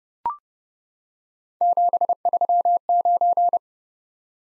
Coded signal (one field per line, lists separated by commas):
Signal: Morse code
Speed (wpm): 29 wpm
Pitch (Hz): 700 Hz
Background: none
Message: 739